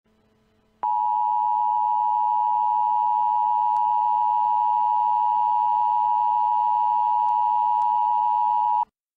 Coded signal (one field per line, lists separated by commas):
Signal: Emergency Alert System (SAME) tones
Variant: 853 and 960 Hz attention tone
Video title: EAS Mock Monday S1 Ep1: Shelter In-Place Warning in Pennsylvania || Sep 19-20, 2014